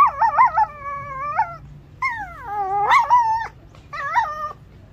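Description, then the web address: Caique giving tonal, wavering whistled calls that rise and fall, somewhat like a whining howl, in several separate phrases, with a quiet background. Pet caique named Ziggy. "ziggy the caique"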